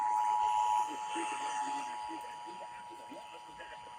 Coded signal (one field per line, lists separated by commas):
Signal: Emergency Alert System (SAME) tones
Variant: 853 and 960 Hz attention tone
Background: speech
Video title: NO MORE KUED MADNESS FOR NOW... Broadcast Radio EAS: Required Monthly Test (EAS #654-656)